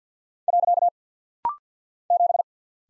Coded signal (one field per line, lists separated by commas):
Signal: Morse code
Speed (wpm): 48 wpm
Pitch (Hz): 700 Hz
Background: none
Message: . 7